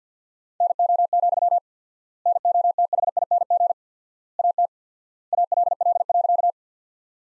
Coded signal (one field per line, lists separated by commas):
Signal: Morse code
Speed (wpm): 50 wpm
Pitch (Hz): 700 Hz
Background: none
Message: NO, NOTHING AT ALL.